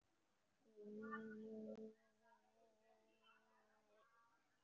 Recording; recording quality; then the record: sustained vowel as in made; moderate, slight background noise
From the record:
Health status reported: respiratory illness, not identified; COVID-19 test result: negative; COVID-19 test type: RT-PCR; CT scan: taken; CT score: 0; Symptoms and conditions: cough, cold, breathing difficulty, pneumonia, another respiratory illness, another condition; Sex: female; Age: 37 years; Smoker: no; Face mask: worn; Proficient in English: yes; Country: India